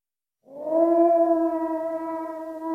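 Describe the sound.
Grey wolf howl: a single smooth, sustained tone rising in from silence and holding almost level at a mid pitch, with rich overtones throughout.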